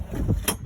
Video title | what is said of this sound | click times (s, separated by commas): Setup a Coleman Tent Trailer | raise and click okay next thing is your slide out | 0.5 s